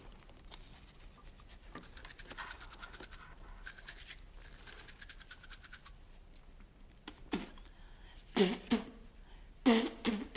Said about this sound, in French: Elle se tourne vers le sac, en sort une brosse à dents, un tube de dentifrice aplati.